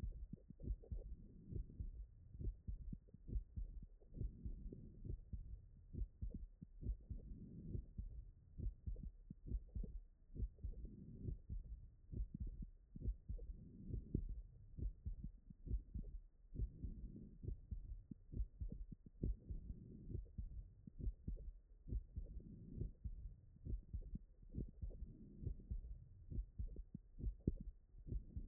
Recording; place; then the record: heart sounds by stethoscope; mitral valve (MV)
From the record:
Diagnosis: non-HFrEF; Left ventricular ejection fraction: 57%